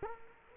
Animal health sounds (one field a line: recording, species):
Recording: mosquito wingbeat signal from an infrared sensor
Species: Culex quinquefasciatus